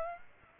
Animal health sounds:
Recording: mosquito wingbeat signal from an infrared sensor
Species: Aedes aegypti

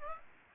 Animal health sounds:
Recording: mosquito wingbeat signal from an infrared sensor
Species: Aedes aegypti

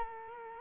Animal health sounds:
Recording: mosquito wingbeat signal from an infrared sensor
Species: Culex quinquefasciatus

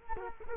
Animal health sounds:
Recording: mosquito wingbeat signal from an infrared sensor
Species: Culex quinquefasciatus

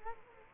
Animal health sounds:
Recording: mosquito wingbeat signal from an infrared sensor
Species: Culex quinquefasciatus

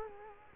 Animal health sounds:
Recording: mosquito wingbeat signal from an infrared sensor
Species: Culex quinquefasciatus

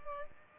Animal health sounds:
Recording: mosquito wingbeat signal from an infrared sensor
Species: Aedes albopictus

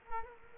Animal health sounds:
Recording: mosquito wingbeat signal from an infrared sensor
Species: Culex quinquefasciatus

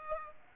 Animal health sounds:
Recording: mosquito wingbeat signal from an infrared sensor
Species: Aedes aegypti

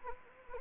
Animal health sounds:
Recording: mosquito wingbeat signal from an infrared sensor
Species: Anopheles gambiae

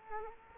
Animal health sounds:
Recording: mosquito wingbeat signal from an infrared sensor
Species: Culex quinquefasciatus

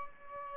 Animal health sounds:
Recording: mosquito wingbeat signal from an infrared sensor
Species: Aedes albopictus

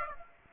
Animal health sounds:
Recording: mosquito wingbeat signal from an infrared sensor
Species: Aedes aegypti

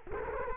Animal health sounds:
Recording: mosquito wingbeat signal from an infrared sensor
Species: Culex quinquefasciatus

